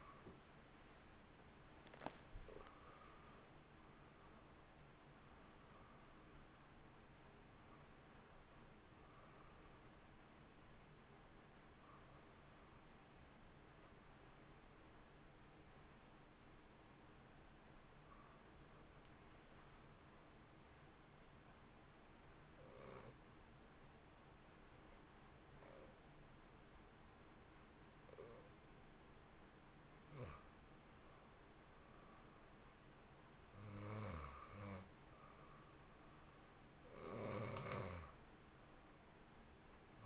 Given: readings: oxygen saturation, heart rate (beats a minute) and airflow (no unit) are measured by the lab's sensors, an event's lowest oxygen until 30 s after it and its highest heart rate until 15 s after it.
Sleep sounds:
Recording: breathing in sleep by a voice recorder at the bedside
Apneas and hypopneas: 1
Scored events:
16.00-32.20 s: hypopnea (N1, oxygen 93% highest, then 86% lowest, heart rate 62 at the start, 64 highest)
From the record:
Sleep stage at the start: N1 (lightest sleep)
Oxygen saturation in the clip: 87 to 93%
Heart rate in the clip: 57 to 69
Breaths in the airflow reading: 11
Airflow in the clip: -2.0 to 1.3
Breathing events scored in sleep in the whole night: 328 in 6.3 hours asleep

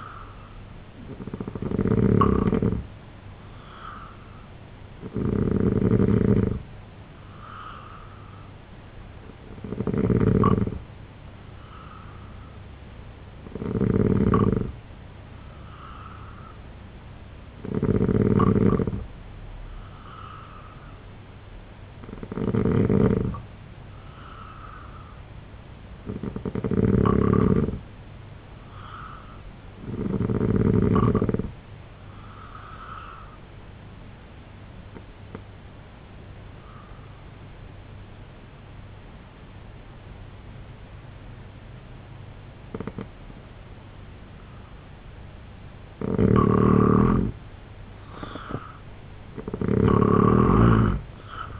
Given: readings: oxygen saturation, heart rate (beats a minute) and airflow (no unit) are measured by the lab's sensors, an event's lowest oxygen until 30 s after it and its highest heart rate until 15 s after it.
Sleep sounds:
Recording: breathing in sleep by a voice recorder at the bedside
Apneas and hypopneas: 1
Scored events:
18.00-48.00 s: new sleep stage, N3 (deep sleep)
34.00-46.90 s: obstructive apnea (N3, oxygen 89% highest, then 85% lowest, heart rate 75 at the start, 96 highest)
48.00-51.60 s: new sleep stage, N2 (light sleep)
From the record:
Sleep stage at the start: N2 (light sleep)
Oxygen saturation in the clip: 86 to 90%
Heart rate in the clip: 69 to 78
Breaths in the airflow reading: 10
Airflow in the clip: -5.3 to 8.9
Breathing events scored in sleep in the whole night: 258 in 7.4 hours asleep

